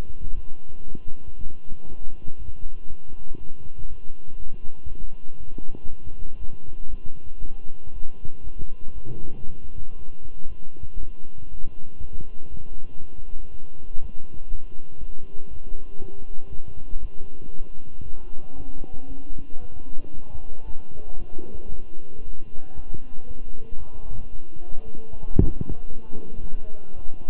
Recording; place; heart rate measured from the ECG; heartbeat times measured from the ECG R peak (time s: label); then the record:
heart sounds by stethoscope; between the tricuspid and mitral areas; 117 bpm
0.35 s: heartbeat
0.86 s: heartbeat
1.37 s: heartbeat
1.87 s: heartbeat
2.38 s: heartbeat
2.88 s: heartbeat
3.38 s: heartbeat
3.88 s: heartbeat
4.38 s: heartbeat
4.88 s: heartbeat
5.38 s: heartbeat
5.89 s: heartbeat
6.39 s: heartbeat
6.89 s: heartbeat
7.40 s: heartbeat
7.92 s: heartbeat
8.43 s: heartbeat
8.94 s: heartbeat
9.45 s: heartbeat
9.97 s: heartbeat
10.48 s: heartbeat
10.99 s: heartbeat
11.49 s: heartbeat
12.00 s: heartbeat
12.50 s: heartbeat
13.00 s: heartbeat
13.50 s: heartbeat
14.00 s: heartbeat
14.49 s: heartbeat
14.99 s: heartbeat
15.49 s: heartbeat
16.00 s: heartbeat
16.50 s: heartbeat
17.00 s: heartbeat
17.52 s: heartbeat
18.04 s: heartbeat
18.56 s: heartbeat
19.08 s: heartbeat
19.60 s: heartbeat
20.13 s: heartbeat
20.65 s: heartbeat
21.17 s: heartbeat
21.70 s: heartbeat
22.23 s: heartbeat
22.75 s: heartbeat
23.26 s: heartbeat
23.78 s: heartbeat
24.31 s: heartbeat
24.84 s: heartbeat
25.36 s: heartbeat
25.88 s: heartbeat
26.41 s: heartbeat
26.94 s: heartbeat
From the record:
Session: walking at 3.7 km/h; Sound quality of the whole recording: good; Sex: male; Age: 23 years